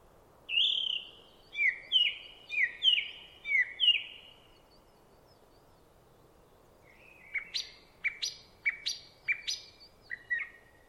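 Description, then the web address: Song thrush song, a bright falling whistled phrase repeated several times in quick succession, then a sharp chippy phrase repeated several times. "cianscape birddata Deverinetal 2025"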